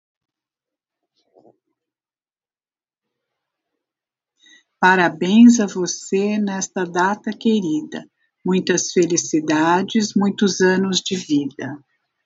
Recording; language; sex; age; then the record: short text; Brazilian Portuguese; female; 60 to 69 years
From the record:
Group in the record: control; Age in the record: 64 years